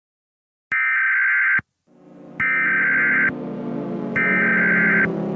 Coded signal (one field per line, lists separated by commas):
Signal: Emergency Alert System (SAME) tones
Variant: header bursts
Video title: EAS Scenario #46 Burning Moon